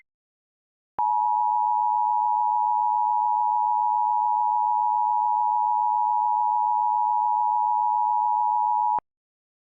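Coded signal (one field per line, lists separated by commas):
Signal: Emergency Alert System (SAME) tones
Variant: 853 and 960 Hz attention tone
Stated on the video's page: Simulated EAS tones for a fictional Christmas alert scenario, generated with software encoder; tones stated valid.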